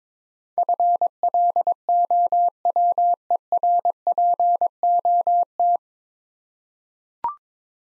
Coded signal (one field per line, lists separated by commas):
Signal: Morse code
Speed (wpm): 22 wpm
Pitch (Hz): 700 Hz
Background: none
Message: FLOWERPOT